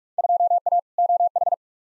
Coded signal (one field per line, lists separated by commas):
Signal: Morse code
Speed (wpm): 46 wpm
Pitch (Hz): 700 Hz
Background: none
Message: 2A OH